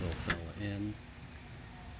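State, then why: Not seated. A mirror wiring connector is being handled at its harness socket inside the door of a 2019 Toyota Highlander, during replacement of the passenger mirror, while someone talks. A brief sharp handling sound comes near 0.3 s, followed by low speech and quiet background. Nothing has seated or clicked yet.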